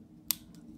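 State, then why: Seated. A plastic cap is pushed back onto a dry-erase marker and snaps shut with a sharp, bright click at 0.3 s over a quiet low hum. A much fainter tick follows at about 0.6 s, and the cap is seated.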